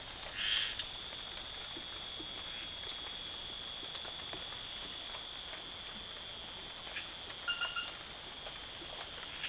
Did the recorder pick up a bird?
no